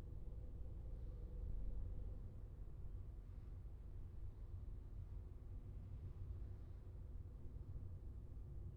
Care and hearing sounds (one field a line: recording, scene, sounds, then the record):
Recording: everyday scene through a hearing-aid microphone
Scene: in a vehicle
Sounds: engine, traffic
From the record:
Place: Skoda Fabia, gasoline engine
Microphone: in the ear canal, left